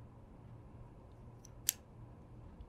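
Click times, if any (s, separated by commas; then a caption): 1.7 s. Cleaved optical fiber and an Infinium mechanical LC connector are slid together in a termination jig after the second gate is opened. A faint tick comes at 1.5 s, then a sharp, bright click at 1.7 s as the assembly seats over a low, steady hum. The fiber is confirmed seated in the connector.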